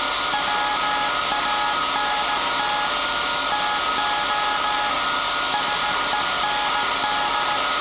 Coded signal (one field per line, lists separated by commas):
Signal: Morse code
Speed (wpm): 16 wpm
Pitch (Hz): 840 Hz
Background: none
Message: WANT TO SEND